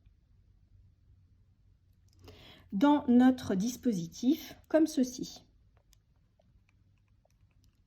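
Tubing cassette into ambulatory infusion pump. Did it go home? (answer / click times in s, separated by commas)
no / none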